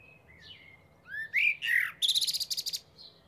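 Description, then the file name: Common blackbird song: a few fluting warbled notes, then a quick series of many high, squeaky twittering notes at the end. "Turdus merula"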